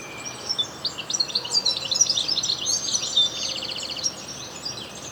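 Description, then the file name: European goldfinch song, a fast liquid twittering of high tinkling notes and buzzy trills running almost continuously. "Carduelis carduelis"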